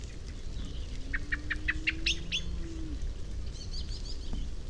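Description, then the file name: Common blackbird calls, a run of several sharp clicking chips, over steady low rumbling background noise with a faint low drone. "Turdus merula"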